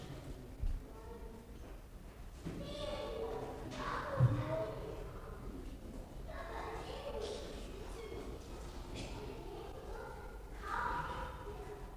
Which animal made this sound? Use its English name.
Leopard